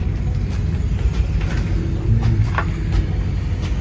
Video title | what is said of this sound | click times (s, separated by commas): Ranger Tug R-29 Sedan - FULL Walkthrough | and it locks into place | 2.6 s